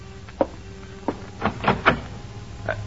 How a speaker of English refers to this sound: And an hour later, someone knocks on the door of your apartment.